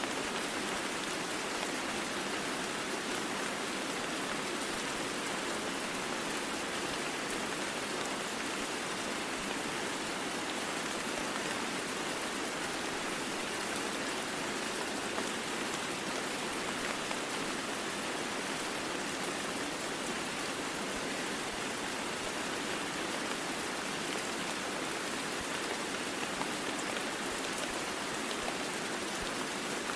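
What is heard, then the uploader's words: Steady, dense rain hisses through the woods for the whole clip, a bright, even patter with no pauses, little low rumble, and no other sounds. Rain Sounds In The Woods White Noise.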